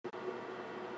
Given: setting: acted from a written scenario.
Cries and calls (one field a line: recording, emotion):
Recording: vocal sound without words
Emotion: serenity